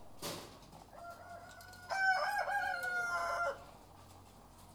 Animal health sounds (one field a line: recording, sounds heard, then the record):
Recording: poultry house recording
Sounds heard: sick chickens (respiratory disease)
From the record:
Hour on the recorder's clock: 13